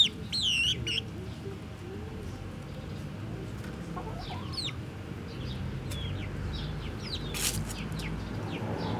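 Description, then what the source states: Chicken chicks calling: a loud wavering whistled note opens, then scattered high descending peeps and a brief burst of noise over a low hum. Hens and chicks in the henhouse of the Atelier 34zero museum garden, Jette, Brussels, Belgium; recorded with DPA 4060 microphones in AB position into a Zoom F3.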